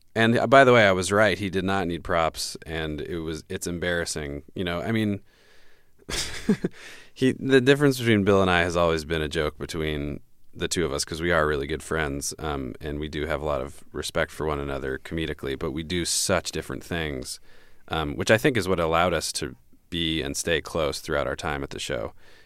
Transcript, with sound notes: And by the way, I was right, he did not need props and it was - it's embarrassing. You know, I mean...
(LAUGHTER)
The difference between Bill and I has always been a joke between the two of us because we are really good friends and we do have a lot of respect for one another comedically, but we do such different things, which I think is what allowed us to be and stay close throughout our time at the show.